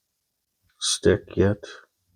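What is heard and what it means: A replacement display assembly for an iPhone 12 Pro Max is being handled over the phone's metal frame, with its small retaining tabs at the top edge not yet snapped in. Someone talks briefly, and there is only a faint soft sound near 0.7 s. Nothing has seated or clicked yet.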